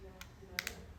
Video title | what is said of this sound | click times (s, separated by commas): Simplicity electric Deck height Adjustment switch repair | Now it heard the click, so it's the whole assembly. | 0.6 s